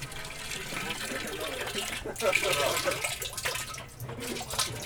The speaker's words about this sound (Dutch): Dat klinkt als een plasje. Echt een heel mooi geluid dit hoor. Ja, water.